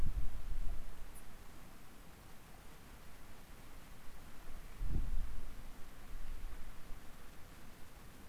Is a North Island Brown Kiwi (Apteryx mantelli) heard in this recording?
no